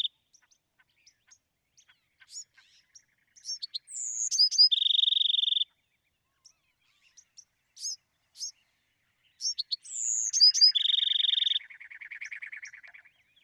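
Bewick's wren gives two songs of high notes, a descending whistle and a fast trill; the second ends in a lower, buzzy trill that fades.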